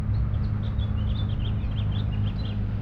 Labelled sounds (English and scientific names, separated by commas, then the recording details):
House Finch (Haemorhous mexicanus) song
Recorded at Lynbrook on Long Island, New York, on 17 June 1975
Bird A